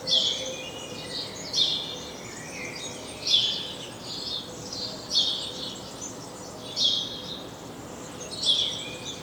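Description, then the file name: House sparrow chirps come in lively clusters every second or two, with faint whistling notes between them. "Passer domesticus"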